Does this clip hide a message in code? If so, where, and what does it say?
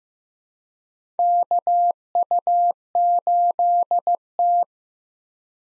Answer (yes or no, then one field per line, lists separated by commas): yes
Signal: Morse code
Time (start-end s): 1.2-4.6 s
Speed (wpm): 15 wpm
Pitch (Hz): 700 Hz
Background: none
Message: KU8T